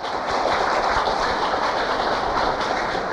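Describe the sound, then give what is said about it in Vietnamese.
A steady round of applause from a Buddhist audience, dense and even, with many hands clapping at once into a continuous crackling wash that holds the same level for about three seconds. “Để bây giờ thay mặt đạo tràng, trước nhất là cảm ơn đạo hữu đã nói cái lòng báo hiếu của mình, và trong chung chung cũng nhiều người như đạo hữu, và đề nghị bỏ một tràng pháo tay để khuyến khích.”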